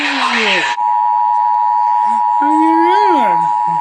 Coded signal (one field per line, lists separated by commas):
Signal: Emergency Alert System (SAME) tones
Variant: 853 and 960 Hz attention tone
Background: speech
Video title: Emergency Alert System Thomas & Friends Talking Flynn